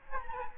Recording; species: mosquito wingbeat signal from an infrared sensor; Aedes aegypti